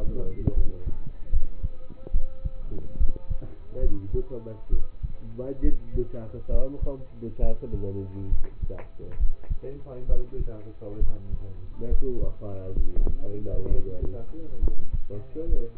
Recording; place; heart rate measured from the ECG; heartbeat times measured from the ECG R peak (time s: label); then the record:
heart sounds by stethoscope; between the tricuspid and mitral areas; 68 bpm
0.54 s: heartbeat
1.30 s: heartbeat
2.12 s: heartbeat
2.98 s: heartbeat
3.80 s: heartbeat
4.70 s: heartbeat
5.61 s: heartbeat
6.49 s: heartbeat
7.40 s: heartbeat
8.29 s: heartbeat
9.17 s: heartbeat
10.06 s: heartbeat
10.99 s: heartbeat
11.88 s: heartbeat
12.75 s: heartbeat
13.68 s: heartbeat
14.60 s: heartbeat
15.46 s: heartbeat
From the record:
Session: rest, lying down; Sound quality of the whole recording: partially saturated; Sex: male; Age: 27 years